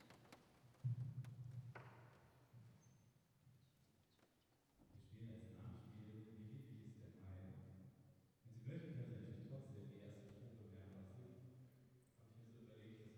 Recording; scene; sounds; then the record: everyday scene through a hearing-aid microphone; reverberant space; speech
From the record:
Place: church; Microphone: behind the ear, right, rear